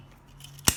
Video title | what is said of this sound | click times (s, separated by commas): Festool Routers OF2200 & OF1010 | That clicks into place in case you need access to it. | 0.7 s